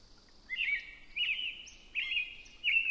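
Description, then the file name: Robin giving four rich, slurred whistled phrases in steady succession, with a quiet high thin note above some of them. Recorded at 6 am on 20 June 2005. "050620-6 am-robin"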